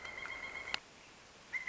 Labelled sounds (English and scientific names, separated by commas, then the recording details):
Pileated Woodpecker (Dryocopus pileatus)
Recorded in Sonoma County, California